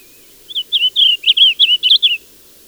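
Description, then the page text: Blue grosbeak song, a quick warbled phrase of about ten rich, slurred notes rising and falling, lasting under two seconds against a quiet background. "Blue Grosbeak. Audio (M. Oberle)"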